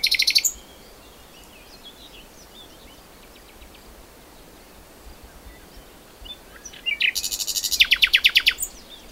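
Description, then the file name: Common nightingale song: brief loud buzzy burst at the start, quiet pause with faint high notes, then a rapid series of sharp repeated high trills and clicking notes. "Luscinia megarhynchos"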